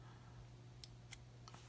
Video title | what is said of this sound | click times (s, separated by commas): Hammerhead Karoo - SIM Card Installation | push in and there's gonna be another little click and then the SIM card is going to pop out so let's go ahead and do this pops | 0.8 s, 1.1 s